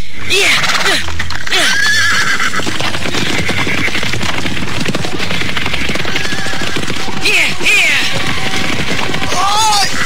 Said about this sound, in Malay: Lihat itu. Udah kuda itu berlarian ke sana kemari.